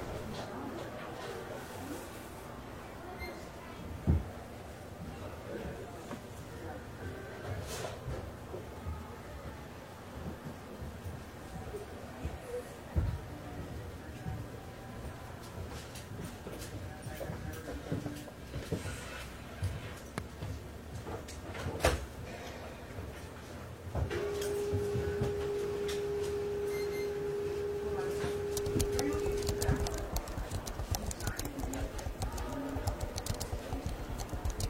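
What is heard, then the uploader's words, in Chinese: Library ambience with a steady background murmur of soft voices and small movements. Scattered sharp knocks and rustles stand out around 4, 13 and 22 seconds. From about 24 to 30 seconds a faint steady hum joins, and the room grows slightly louder. 公共图书馆沉浸式学习 图书馆环境音 打字声 写字翻书。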